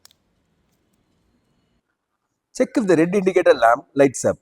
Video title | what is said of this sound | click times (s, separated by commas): Volkswagen Key battery replacement & Re-sync | Press the cover until you hear a click sound. | 0.0 s, 0.1 s